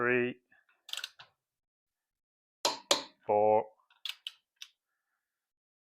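A torque wrench tightens the fourth wheel nut on a car wheel hub, working through the star sequence. Someone talks at the start and end, and between them the wrench gives a sharp double click at 2.7 s and 2.9 s, followed by a few lighter ticks. The fourth nut is torqued.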